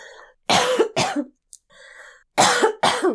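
An adult woman with allergies coughs: four sharp, forceful coughs in two pairs, each burst loud and harsh with a rough, slightly throaty quality, separated by quiet stretches with faint room hum. These are short, dry-sounding coughing fits.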